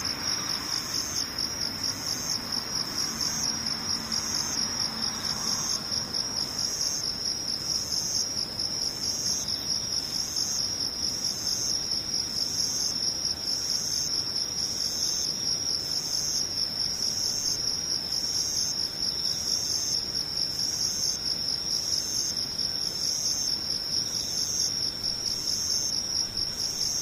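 Insects sing without pause, a dense, high, shimmering trill with a fast, regular pulse that holds steady for the whole clip. A few bright, sustained tones sit layered in the chorus. For the first five seconds a soft, low murmur lies underneath, then fades.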